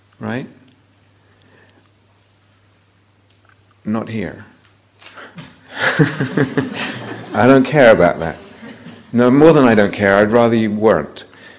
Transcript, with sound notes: right? Not here. [laughter] I don't care about that. No, more than "I don't care," I'd rather you weren't.